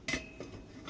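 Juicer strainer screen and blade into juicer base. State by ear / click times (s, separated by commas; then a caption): not seated / none. A juicer's strainer screen and blade assembly is handled over the juicer base, lined up by its arrow with the arrow slots in the housing. A sharp metallic clatter at about 0.1 s is followed by a lighter knock near 0.4 s and another clatter building toward 1.0 s. Nothing has seated or clicked into place yet.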